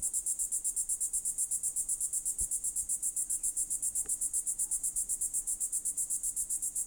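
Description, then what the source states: Cicada song: a piercing, rhythmic buzz of rapid regular pulses, continuous throughout, with a couple of faint low clicks in the background. Recorded close to the cicada.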